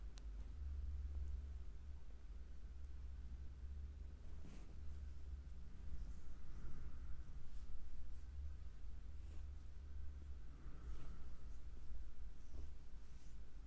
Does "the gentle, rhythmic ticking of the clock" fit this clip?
no